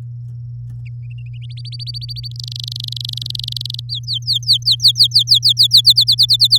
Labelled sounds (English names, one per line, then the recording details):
Domestic Canary song
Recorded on 6 May 2018 at 08:53
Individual llb16